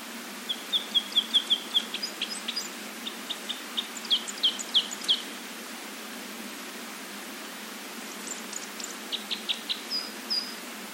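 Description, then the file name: Red crossbill giving a fast burst of kip notes, then looser chipping, a quiet gap, and more high calls near the end. "isuka"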